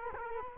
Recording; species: mosquito wingbeat signal from an infrared sensor; Culex quinquefasciatus